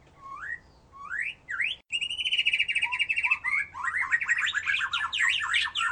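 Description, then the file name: White-rumped shama song: a few rising whistled upslurs, then a fast trill leading into a long run of rapid, varied chattering notes. "murai batu"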